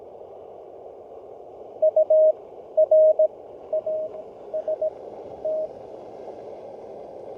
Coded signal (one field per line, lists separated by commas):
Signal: Morse code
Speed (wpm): 18 wpm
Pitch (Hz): 620 Hz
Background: none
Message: UR AST